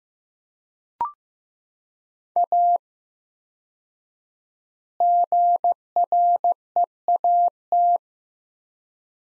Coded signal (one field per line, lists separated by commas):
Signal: Morse code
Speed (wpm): 15 wpm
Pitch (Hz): 700 Hz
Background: none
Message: A GREAT